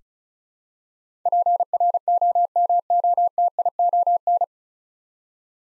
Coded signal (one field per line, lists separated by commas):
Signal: Morse code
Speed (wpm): 34 wpm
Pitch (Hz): 700 Hz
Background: none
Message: PROMOTION